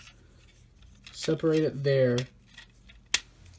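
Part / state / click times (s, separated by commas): plastic transformable toy limb segment into its mating tab / seated / 3.1 s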